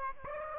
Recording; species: mosquito wingbeat signal from an infrared sensor; Aedes aegypti